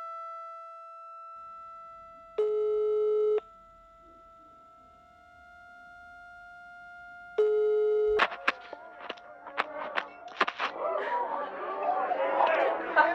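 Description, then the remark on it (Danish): Two long electronic ringback tones of an outgoing phone call, each about a second, separated by a steady hum, then the call connects and a person starts talking amid clicks and rustling. “Nu ringer jeg til dig og hører, hvor du bliver af.”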